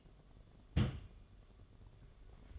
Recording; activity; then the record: daily activity, microphone in the room; place on stove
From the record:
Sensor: 4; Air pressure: 1011.2 hPa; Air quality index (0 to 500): 142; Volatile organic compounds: 3 ppm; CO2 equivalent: 1456 ppm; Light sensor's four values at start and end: 215/559/236/247 and 214/558/236/247